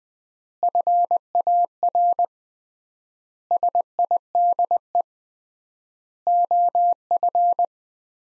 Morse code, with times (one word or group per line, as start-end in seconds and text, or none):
0.6-2.2 FAR
3.5-5.0 SIDE
6.3-7.6 OF